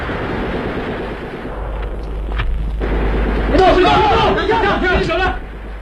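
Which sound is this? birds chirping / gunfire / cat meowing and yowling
gunfire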